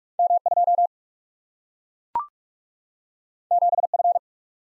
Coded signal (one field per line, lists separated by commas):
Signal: Morse code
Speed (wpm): 44 wpm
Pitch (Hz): 700 Hz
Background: none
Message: M 2 7 F